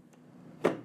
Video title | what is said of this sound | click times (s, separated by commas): SABRENT USB 3.0 to SATA External Hard Drive Review | and it snaps in place then I just close this lead and I have here the connection | 0.7 s